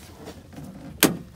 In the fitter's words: And that snaps back in.